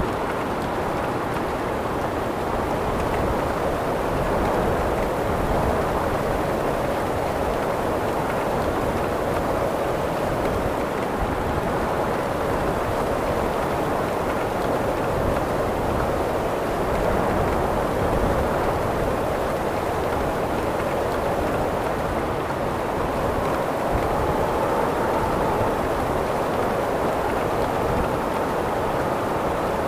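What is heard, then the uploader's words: Rain and wind make a steady, dense rush that holds an even level for the full thirty seconds. The sound sits mostly in the low and middle range, with a rumbling, gusty undertone and a faint hiss above, and no separate events stand out. Rain and Wind Sounds.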